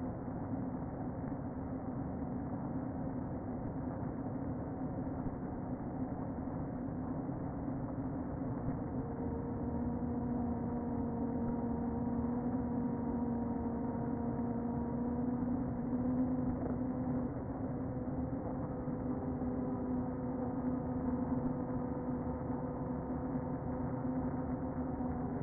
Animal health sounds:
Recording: honeybee colony, microphone inside the hive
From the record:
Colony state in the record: queen present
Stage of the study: before two queens were removed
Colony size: about 60,000 bees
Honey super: yes

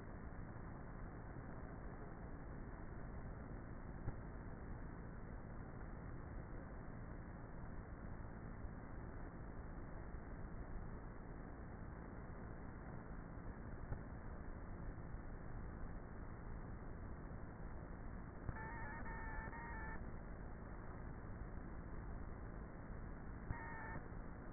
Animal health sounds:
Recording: honeybee colony, microphone inside the hive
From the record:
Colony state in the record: queenless with a low population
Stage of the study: before two queens were removed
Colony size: about 30,000 bees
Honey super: no

